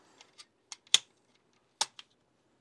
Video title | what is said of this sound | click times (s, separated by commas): New S&W Folding Pistol Carbine! NOT A Sub 2k Knock Off | and then that's going to click in place boom just like that | 0.9 s, 1.8 s